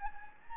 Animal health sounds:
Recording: mosquito wingbeat signal from an infrared sensor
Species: Anopheles gambiae

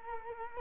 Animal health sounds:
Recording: mosquito wingbeat signal from an infrared sensor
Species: Culex quinquefasciatus

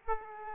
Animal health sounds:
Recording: mosquito wingbeat signal from an infrared sensor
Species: Aedes aegypti

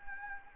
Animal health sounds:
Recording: mosquito wingbeat signal from an infrared sensor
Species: Anopheles gambiae

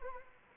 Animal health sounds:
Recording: mosquito wingbeat signal from an infrared sensor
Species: Anopheles arabiensis

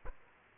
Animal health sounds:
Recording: mosquito wingbeat signal from an infrared sensor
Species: Aedes aegypti

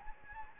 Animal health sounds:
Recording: mosquito wingbeat signal from an infrared sensor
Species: Anopheles gambiae

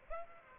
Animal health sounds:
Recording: mosquito wingbeat signal from an infrared sensor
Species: Aedes aegypti

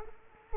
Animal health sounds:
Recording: mosquito wingbeat signal from an infrared sensor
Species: Culex quinquefasciatus

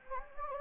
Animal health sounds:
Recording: mosquito wingbeat signal from an infrared sensor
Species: Anopheles gambiae

